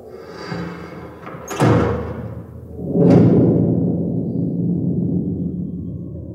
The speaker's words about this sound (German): Schließt des Hauses Tor.